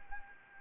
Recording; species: mosquito wingbeat signal from an infrared sensor; Anopheles arabiensis